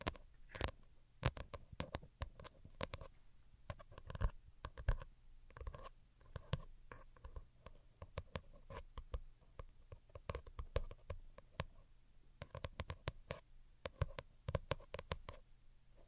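Delicate tapping in irregular clusters of sharp, crisp clicks throughout, with soft scratching between taps and a faint low hum underneath.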